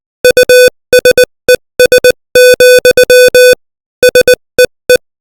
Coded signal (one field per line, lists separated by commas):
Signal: Morse code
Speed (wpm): 20 wpm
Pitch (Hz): 500 Hz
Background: music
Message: USES, SEE